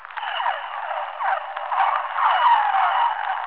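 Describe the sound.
Whale calls: dense overlapping squeaks, sweeping whistles and chirps, continuous throughout with no pauses and no other clear sounds.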